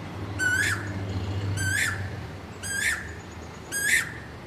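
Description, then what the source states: Asian koel giving four rising whistled calls about a second apart. Calling to find a mate.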